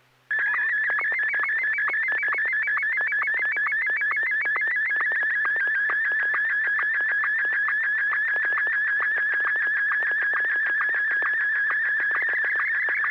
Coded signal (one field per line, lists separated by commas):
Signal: SSTV (slow-scan television)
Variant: Martin 1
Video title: N6NA SSTV Net - 11/04/2020